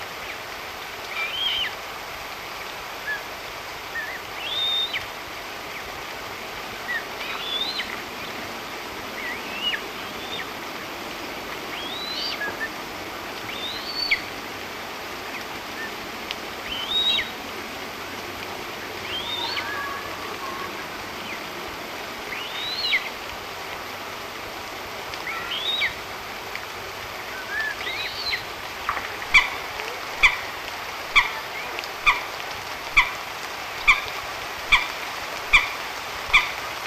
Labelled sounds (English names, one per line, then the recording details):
Eurasian Coot call
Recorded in the wild
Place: Krombachtalsperre, DE
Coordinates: 50.6217, 8.12722
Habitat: Wetland
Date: 1963-08-23
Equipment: Uher Report 4000, AKG D190
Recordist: Krey, Winfried
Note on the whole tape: (Adult+Juvenil)